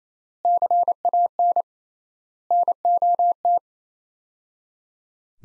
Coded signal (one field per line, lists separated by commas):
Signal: Morse code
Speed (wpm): 28 wpm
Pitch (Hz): 700 Hz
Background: none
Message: CAN NOT